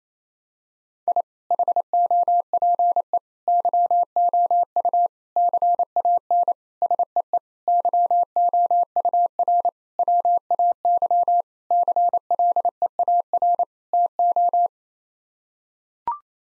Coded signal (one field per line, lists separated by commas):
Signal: Morse code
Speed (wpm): 28 wpm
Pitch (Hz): 700 Hz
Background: none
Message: I HOPE YOU CAN SEE YOUR WAY CLEAR TO